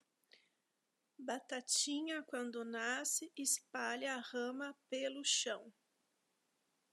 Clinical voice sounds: short text; Brazilian Portuguese; female; 40 to 49 years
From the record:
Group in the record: control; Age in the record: 41 years

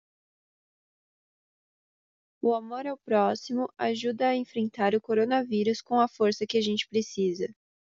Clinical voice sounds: spoken sentence; Brazilian Portuguese; female; 20 to 29 years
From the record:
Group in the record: control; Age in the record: 20 years

